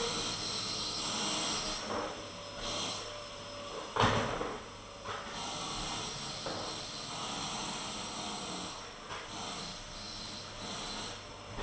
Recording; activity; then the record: daily activity, microphone in the room; vacuum cleaning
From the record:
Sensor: 4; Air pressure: 996.0 hPa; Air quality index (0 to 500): 47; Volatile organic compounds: 1 ppm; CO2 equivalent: 751 ppm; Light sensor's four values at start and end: 18/47/18/19 and 18/49/19/20